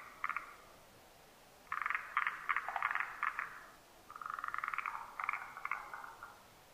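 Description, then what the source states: Forest green tree frog calling in bursts of rapid, rattling pulses: a short burst, then a longer chuckling run of about a second and a half, then another pulsed series after a pause. Recorded 12 July 2009.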